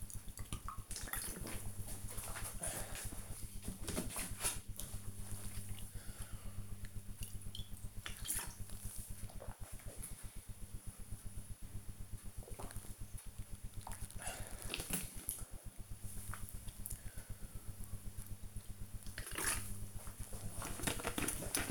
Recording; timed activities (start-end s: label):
household activities, microphone on the right wrist
0.00-21.71 s: drinking